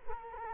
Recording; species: mosquito wingbeat signal from an infrared sensor; Culex quinquefasciatus